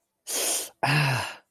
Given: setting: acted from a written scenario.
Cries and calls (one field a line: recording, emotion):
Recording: vocal sound without words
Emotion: pain